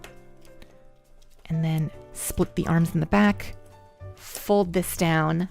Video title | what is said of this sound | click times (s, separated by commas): (REUPLOAD) Transformers zatsudan finale! #transformers | and then we'll pull on the arms until you hear that snap fold these | 0.0 s